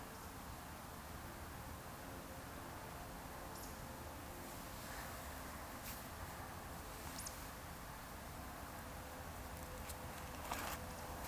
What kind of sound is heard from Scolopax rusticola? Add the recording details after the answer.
whistle. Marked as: whistle, whistle, whistle, whistle. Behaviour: display flight. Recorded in Baden-Württemberg, Germany, on 8 June 2020 at 19:59 UTC. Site 44842, 218 m above sea level